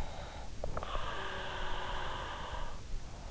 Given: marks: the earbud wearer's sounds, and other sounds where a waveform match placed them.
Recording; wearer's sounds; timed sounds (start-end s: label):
sounds in sleep by an in-ear microphone; breath
0.12-3.31 s: breath